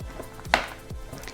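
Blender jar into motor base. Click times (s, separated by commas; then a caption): 0.5 s. A lidded $20 Hamilton Beach portable blender jar is set onto its motor base and twisted to lock, with a few faint ticks around it. A single sharp, bright click at 0.5 s marks the jar seating firmly in the base.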